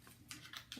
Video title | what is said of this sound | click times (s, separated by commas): Standard Tula vs Free to Grow Tula Carrier Comparison | What you're looking for is, bring it through the safety strap here, make sure you get a click, tighten it up. | 0.7 s